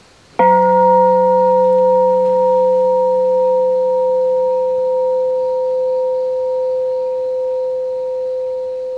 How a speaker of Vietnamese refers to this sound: Tiếng chuông thứ ba, đem tất cả tấm lòng chân thành cung kính của mình hướng về bốn đôi tám chúng hiền thánh tăng.